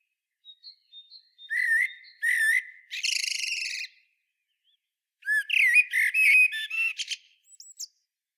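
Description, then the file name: Eurasian blackbird starting with soft high thin notes, then clear squeaky notes, a harsh buzzy rasp, and a later burst of twittering chatter. "Turdus merula"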